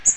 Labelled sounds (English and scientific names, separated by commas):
Magnolia Warbler (Setophaga magnolia) flight call